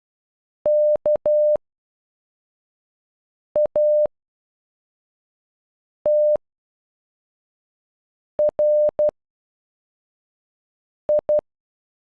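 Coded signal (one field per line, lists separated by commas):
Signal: Morse code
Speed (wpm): 10 wpm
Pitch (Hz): 600 Hz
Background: none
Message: K A T R I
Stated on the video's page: Software-generated Morse of a single name, sent at normal speed and at half speed.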